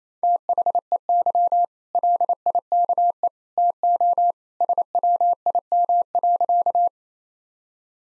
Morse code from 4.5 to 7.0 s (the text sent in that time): SWIM.